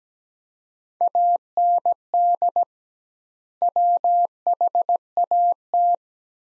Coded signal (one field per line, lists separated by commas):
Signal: Morse code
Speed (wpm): 17 wpm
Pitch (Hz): 700 Hz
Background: none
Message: AND WHAT